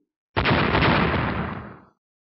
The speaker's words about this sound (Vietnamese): Đó chính là một quả cầu lửa to bằng cái đầu người bắn ra từ dưới lôi đài, nhanh chóng rơi xuống mặt lôi đài chỗ hai người đang dây dưa, đột ngột nổ tung.